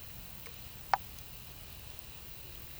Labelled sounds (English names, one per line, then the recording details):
none
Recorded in pastures near Puerto Asís, Putumayo, Colombia, on 22 December 2024 at 11:00
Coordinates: 0.486, -76.323
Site GP01